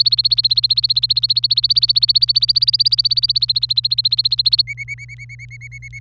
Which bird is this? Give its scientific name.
Serinus canaria